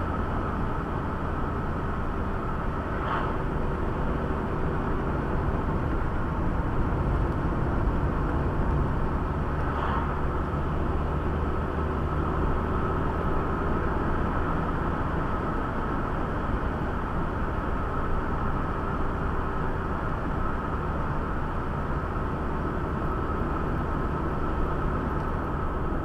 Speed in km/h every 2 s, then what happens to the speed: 65, 59, 60, 63, 59, 59, 61, 66, 66, 67, 66, 54, 56.
0-2 slows to 59. 2-9 steady at about 59. 9-19 speeds up to 67. 19-21 brakes to 54.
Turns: 0-8.